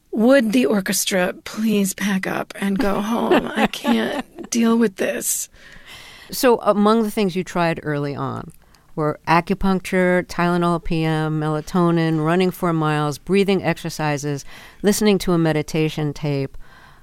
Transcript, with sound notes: would the orchestra please pack up and go home?
(Laughter).
I can't deal with this.
So among the things you tried early on were acupuncture, Tylenol PM, melatonin, running four miles, breathing exercises, listening to a meditation tape.